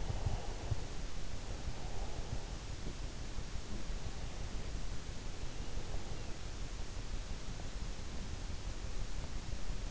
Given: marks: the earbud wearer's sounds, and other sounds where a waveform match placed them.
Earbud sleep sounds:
sounds in sleep by an in-ear microphone; breath
0.00-2.50 s: breath

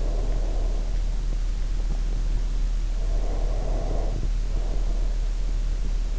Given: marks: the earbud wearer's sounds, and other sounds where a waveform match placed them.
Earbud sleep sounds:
sounds in sleep by an in-ear microphone; breath
0.00-0.99 s: breath
3.16-5.36 s: breath

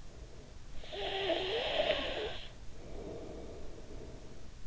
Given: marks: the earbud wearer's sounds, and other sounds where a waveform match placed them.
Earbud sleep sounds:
sounds in sleep by an in-ear microphone; snoring breath
0.63-4.67 s: snoring breath

